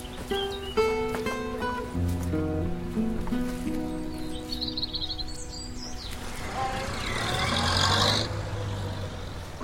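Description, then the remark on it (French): A car engine hums and shifts pitch as the doctor's car pulls away, swelling into a louder rush of noise near the end, with a few bird chirps over the top. “Ça, c'est le docteur qui s'en va. Il sera venu pour le plâtre du capitaine. Mais à qui diable est cette autre voiture?”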